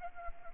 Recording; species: mosquito wingbeat signal from an infrared sensor; Anopheles gambiae